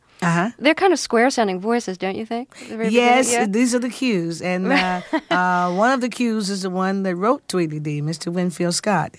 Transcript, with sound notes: they're kind of square-sounding voices, don't you think? The...
Yes.
Yeah.
These are The Cues.
(Laughter).
And one of The Cues is the one that wrote "Tweedlee Dee." Mr. Winfield Scott,